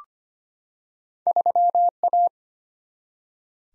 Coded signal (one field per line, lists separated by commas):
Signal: Morse code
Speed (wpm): 25 wpm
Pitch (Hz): 700 Hz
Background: none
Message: 3A